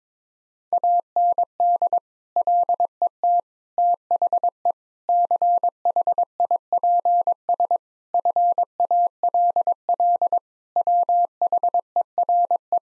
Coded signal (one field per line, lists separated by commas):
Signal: Morse code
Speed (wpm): 22 wpm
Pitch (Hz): 700 Hz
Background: none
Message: AND LET THE CHIPS FALL WHERE